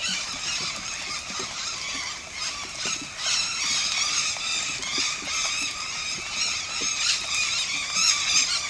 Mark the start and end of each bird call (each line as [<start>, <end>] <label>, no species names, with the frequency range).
[0.00, 8.70] bird call (0.9-8.5 kHz)